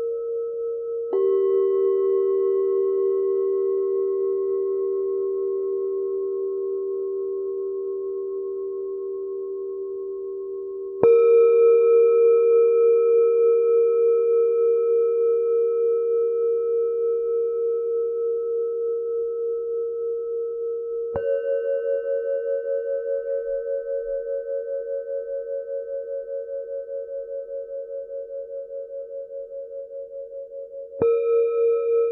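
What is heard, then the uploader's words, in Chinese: A singing bowl is struck four times, about every ten seconds, each warm ringing tone slowly fading and overlapping the next. 頌缽疗愈。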